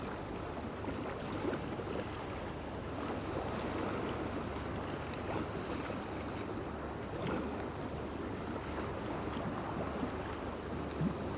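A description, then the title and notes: On a lake shore facing a glacier, a steady low mechanical drone, like a boat engine, runs throughout with constant loudness. Water washes and wind rush fill the mid range, with a few faint knocks and splashes near 1.5, 7 and 11 seconds. Argentino Lake shores in front of Spegazzini Glacier, Santa Cruz, Argentina in April 2023 – by Joaquín Conde.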